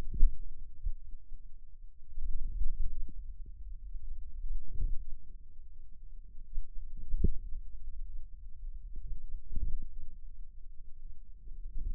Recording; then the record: forearm muscle sounds (acoustic myography)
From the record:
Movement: hand closing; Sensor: system 2, bracelet of six BSWA MPA416 microphones around the upper forearm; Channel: 1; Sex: female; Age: 22 years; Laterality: right